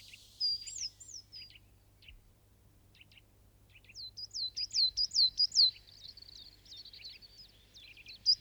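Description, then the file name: Coal tit song: a few scattered high notes, then a clearer rapid series of repeated swooping high notes trailing into softer twittering. "kosmos 93 tannenmeise"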